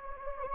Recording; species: mosquito wingbeat signal from an infrared sensor; Anopheles gambiae